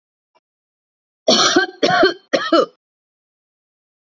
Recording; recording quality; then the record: shallow voluntary cough; excellent, no background noise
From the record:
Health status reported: healthy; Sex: female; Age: 54 years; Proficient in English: yes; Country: India